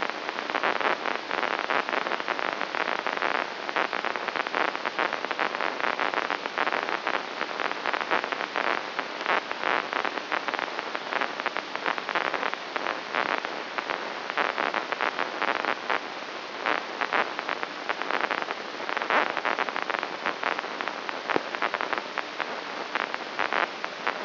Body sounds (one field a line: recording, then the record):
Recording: brain microelectrode recording played as sound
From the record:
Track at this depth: inside the subthalamic nucleus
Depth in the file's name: 4.883 mm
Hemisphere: left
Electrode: 2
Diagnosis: Parkinson's disease